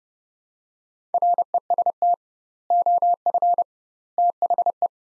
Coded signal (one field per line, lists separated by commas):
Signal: Morse code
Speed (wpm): 30 wpm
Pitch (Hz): 700 Hz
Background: none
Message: REST OF THE